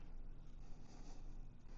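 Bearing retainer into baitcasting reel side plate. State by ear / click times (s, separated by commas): not seated / none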